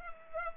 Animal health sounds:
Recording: mosquito wingbeat signal from an infrared sensor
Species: Culex pipiens

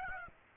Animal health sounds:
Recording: mosquito wingbeat signal from an infrared sensor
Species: Aedes aegypti

